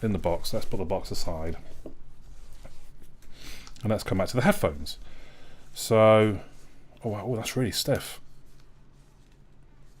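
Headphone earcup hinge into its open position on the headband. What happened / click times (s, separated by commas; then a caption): The headphone hinge is being handled but has not clicked into place yet / none. Someone talks while a box is set aside and a folded plastic earcup hinge on a pair of Sennheiser PXC 550 wireless noise-cancelling headphones is worked toward its open position on the headband. The hinge is stiff, and only faint handling taps are heard. Nothing has clicked into place yet.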